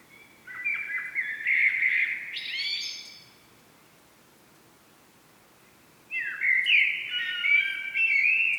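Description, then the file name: Common blackbird singing two long, mellow, whistled phrases with varied notes and thin, high flourishes, separated by roughly three seconds of silence. "Turdus merula"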